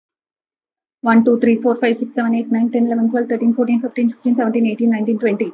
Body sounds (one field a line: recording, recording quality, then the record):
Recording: counting at a fast pace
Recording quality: moderate, slight background noise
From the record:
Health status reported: healthy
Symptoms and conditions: none ticked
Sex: female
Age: 56 years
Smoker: not ticked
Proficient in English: yes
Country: India